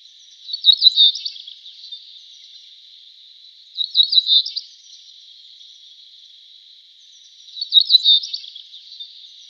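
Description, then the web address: Cinereous bunting giving short jingling song phrases every three to four seconds over a steady high hiss-like background tone. "Schulze Peter Cinereous Bunting song"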